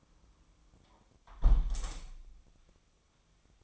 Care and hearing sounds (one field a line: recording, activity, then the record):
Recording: daily activity, microphone in the room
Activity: close window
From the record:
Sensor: 1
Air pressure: 1004.6 hPa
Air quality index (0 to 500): 119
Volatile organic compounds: 4 ppm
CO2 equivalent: 1655 ppm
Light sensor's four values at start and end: 9/21/8/9 and 8/20/8/8